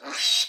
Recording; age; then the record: pig call; piglet (1 to 25 days)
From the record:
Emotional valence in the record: negative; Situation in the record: restrain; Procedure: in the arms of a person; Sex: female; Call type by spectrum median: high-frequency call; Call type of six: mixed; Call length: 0.49 s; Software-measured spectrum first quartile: 3592 Hz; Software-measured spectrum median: 4154 Hz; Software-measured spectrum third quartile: 5383 Hz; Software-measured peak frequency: 3865 Hz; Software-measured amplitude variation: 123 dB a second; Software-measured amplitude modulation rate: 15.4 a second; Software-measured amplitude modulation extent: 8.0 dB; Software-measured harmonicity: 2.5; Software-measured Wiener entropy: -2.10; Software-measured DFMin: 645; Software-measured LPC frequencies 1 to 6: 1053, 1686, 2499, 3170, 3869, 4651 Hz